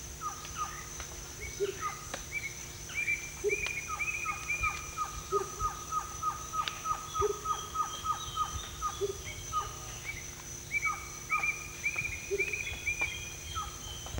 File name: Baryphthengus martii - Rufous Motmot